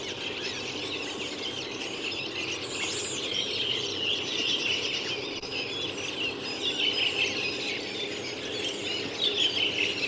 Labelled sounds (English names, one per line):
Redwing song